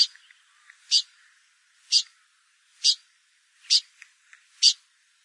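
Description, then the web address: Blyth's pipit giving sharp, scratchy high calls roughly once a second, five or six in a row, with faint soft ticks between them. "blyth s pipit bird call"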